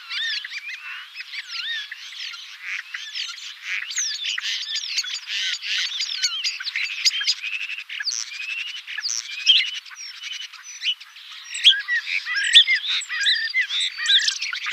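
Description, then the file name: Common starling song, a dense continuous jumble of whistles, clicks, rattles and buzzy notes tumbling over one another without pause. "star vogel gesang"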